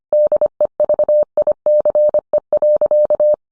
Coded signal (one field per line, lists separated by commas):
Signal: Morse code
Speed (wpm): 25 wpm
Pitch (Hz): 600 Hz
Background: none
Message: DEVICE.